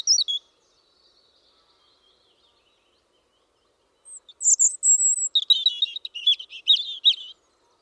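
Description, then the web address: European robin song: a brief high note, a long silence, then a rich phrase of piercing whistles and rapid twittering trills lasting about three seconds. "Deverinetal 2025 File origin Bird Only Er Ru"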